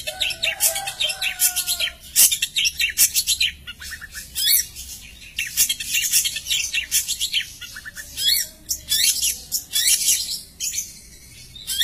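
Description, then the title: Long-tailed shrike song: rapid, scratchy high chirps and buzzy bursts in uneven runs, with a brief lower whistled note near the start. "Cendet"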